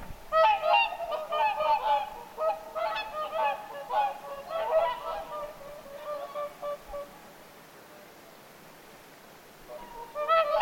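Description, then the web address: Whooper swans calling in a flock, overlapping bugling honks with rich harmonics for about seven seconds, a short lull, then more honks starting at the end. Several whooper swans calling at Lintulahti on 6 November 2025. "paivat 6 11 2025 laulujoutsenten aantelya lintulahdella"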